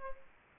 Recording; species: mosquito wingbeat signal from an infrared sensor; Aedes albopictus